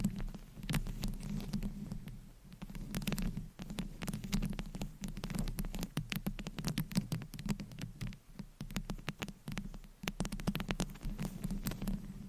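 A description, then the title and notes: Dry scratching and tapping come in quick, irregular bursts of sharp clicks, thick through most of the clip with a brief thinning near two seconds. Beneath them runs a steady low hum and soft rubbing. ASMR Scratching , Tapping & Massage with DIFFERENT Mics , Items & Nails No Talking.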